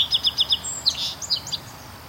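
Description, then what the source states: Song Sparrow song, opening with five rapid clear repeated notes, then a few varied, buzzy notes. Singing close in front of the recordist, responding to the calls of other birds; along the Grand River, Waterloo, Ontario.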